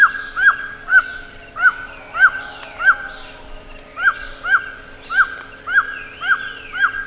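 Bird calling with loud, sharply arched notes in a quick series with a brief pause midway, with fainter higher notes and a low constant hum.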